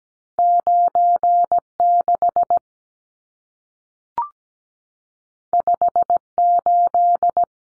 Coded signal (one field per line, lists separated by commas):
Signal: Morse code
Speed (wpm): 17 wpm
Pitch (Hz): 700 Hz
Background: none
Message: 96 58